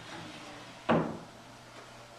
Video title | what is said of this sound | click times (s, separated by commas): Wallbedoutlet.com Instructional Video Part 2 - January 2011.m4v | so that the arms can click into place. You have to push it past vertical, however, | 0.9 s